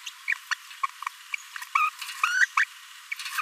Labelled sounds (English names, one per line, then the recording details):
Green-rumped Parrotlet babbling
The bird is a female
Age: 24 days
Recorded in a nest box in Venezuela
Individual 17B42A4